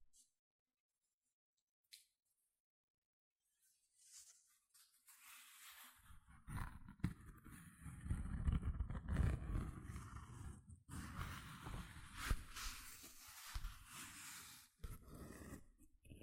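Gentle scratching starts after near-silence with a few faint ticks, then grows into dense, rough, low rubbing with bright scraping bursts from six seconds on.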